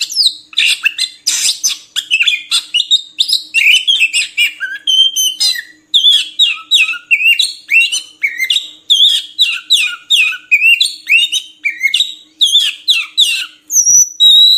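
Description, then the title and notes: Oriental magpie-robin delivering a long continuous song of sharp chirps, slurred whistles and buzzy notes, packed closely together with barely any pause. Long-duration song used to train songbirds to sing frequently, day and night. "Kacer Jadi Gacor Siang Malam. Isian Kacer Durasi Panjang"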